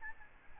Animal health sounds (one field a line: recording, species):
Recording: mosquito wingbeat signal from an infrared sensor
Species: Aedes albopictus